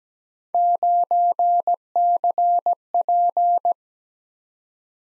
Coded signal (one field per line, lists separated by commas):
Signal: Morse code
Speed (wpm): 20 wpm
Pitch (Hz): 700 Hz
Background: none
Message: 9CP